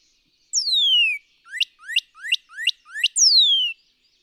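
Northern cardinal song with a loud descending whistle, a series of five rapid upslurred notes, and a closing falling whistle, with nothing else audible.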